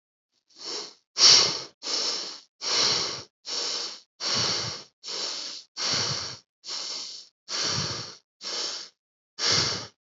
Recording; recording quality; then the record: shallow breathing; excellent, no background noise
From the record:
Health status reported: healthy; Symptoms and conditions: none ticked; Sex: male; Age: 45 years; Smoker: not ticked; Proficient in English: yes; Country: India